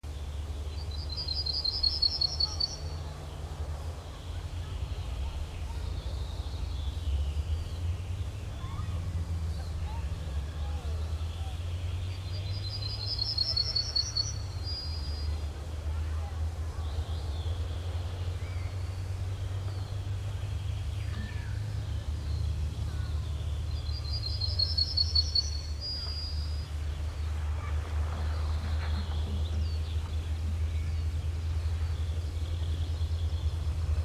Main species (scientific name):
Emberiza citrinella